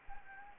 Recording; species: mosquito wingbeat signal from an infrared sensor; Anopheles gambiae